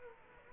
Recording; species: mosquito wingbeat signal from an infrared sensor; Aedes aegypti